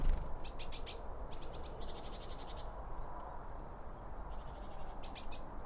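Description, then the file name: Birds giving rapid strings of high chirps, several quick series in a row with a couple of sharper whistled notes midway, over low steady background noise. Birds at a bird feeder, recorded with two Line Audio OM1 microphones. "Birds Around Birdfeeding With Two Om 1 From Line Audio"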